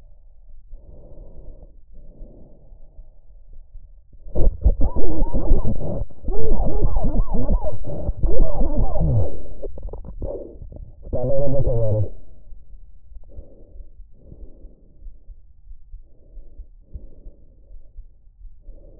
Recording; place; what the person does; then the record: lung sounds by stethoscope; trachea; quiet breathing, then cough and speech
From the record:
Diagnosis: COPD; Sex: male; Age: 59 years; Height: 171 cm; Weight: 91.4 kg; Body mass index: 31.3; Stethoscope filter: extended mode